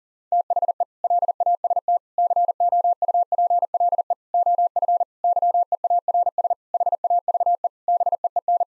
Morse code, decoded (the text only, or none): THE LAST COUPLE OF YEARS HAVE BEEN